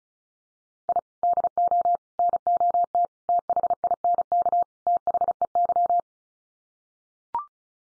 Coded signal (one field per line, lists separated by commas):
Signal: Morse code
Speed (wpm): 34 wpm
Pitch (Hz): 700 Hz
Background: none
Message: I DO NOT THINK THEY